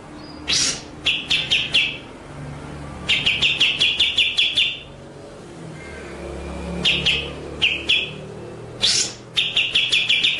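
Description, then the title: White-rumped shama song: short trilled runs of clipped notes alternating with single sharp upswept whistles, separated by short gaps. Masteran (training) track of full 'ngerol' and 'nembak' song styles. "Masteran Murai Batu Full Ngerol Nembak"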